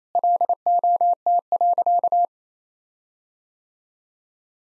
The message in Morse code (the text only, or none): LOT.